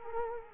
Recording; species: mosquito wingbeat signal from an infrared sensor; Culex quinquefasciatus